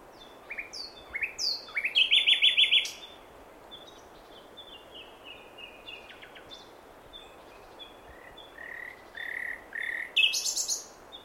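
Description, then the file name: Common nightingale song: rich phrases mixing rising whistles, a fast rattling trill and clear repeated notes, with short pauses between phrases. "Luscinia megarhynchos"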